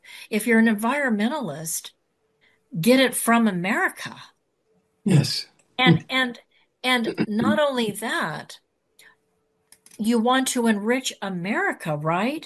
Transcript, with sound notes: If you're an environmentalist, get it from America. Yes.
(clears throat) And, and, and not only that, you want to enrich America, right?